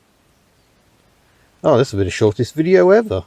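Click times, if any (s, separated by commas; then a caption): none. A new heater fan resistor pack is held and lined up at its slot in the heater housing, ready to be pushed home. After about 1.6 seconds of near silence, someone talks, and nothing has seated or clicked yet.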